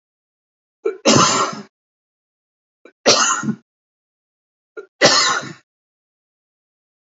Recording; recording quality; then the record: heavy voluntary cough; excellent, no background noise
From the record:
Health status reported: healthy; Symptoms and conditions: diabetes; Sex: male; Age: 49 years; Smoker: not ticked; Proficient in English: yes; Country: India